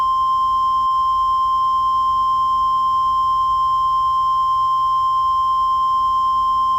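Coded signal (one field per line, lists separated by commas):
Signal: Emergency Alert System (SAME) tones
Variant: 1050 Hz attention tone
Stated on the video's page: Fictional EAS scenario, simulated.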